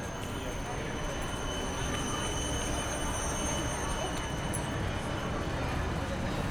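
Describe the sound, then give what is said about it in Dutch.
Slow-moving trams roll past on Regulus Breestraat, heard while driving alongside them, with a steady, low rail rumble, while thin, high wheel squeals hang over it in long sustained tones throughout. “Ik rij nu langs langzaam rijdende trams.”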